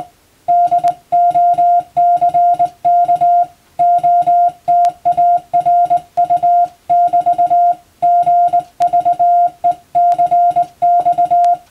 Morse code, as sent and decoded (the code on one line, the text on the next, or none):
-.. --- -.-. -.- / --- - .- .-. ..- -...- --. ...- . -.-. -..-
DOCK OTARU<BT>GVECX